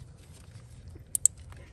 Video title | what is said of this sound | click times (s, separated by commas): Toyota Lexus 2UZ-FE Starter Replacement (With the Secondary Air Injection System 2005-2011) (Part 2) | I felt them snap in and I heard them snap in. | 1.1 s, 1.3 s